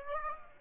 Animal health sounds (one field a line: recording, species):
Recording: mosquito wingbeat signal from an infrared sensor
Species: Aedes aegypti